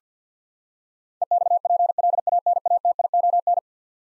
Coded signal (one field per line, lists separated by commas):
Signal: Morse code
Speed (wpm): 50 wpm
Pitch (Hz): 700 Hz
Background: none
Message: EXPLANATION